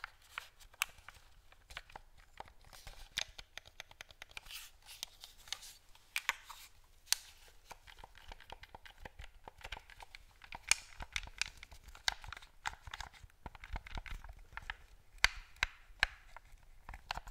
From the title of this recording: ASMR Tapping Scratching Touching